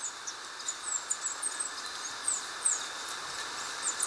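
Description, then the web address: Indigo flowerpiercer song: a run of very high, thin, quick notes scattered throughout, with constant background hiss. Recorded in Ecuador. "Birds of Ecuador. Indigo Flowerpiercer"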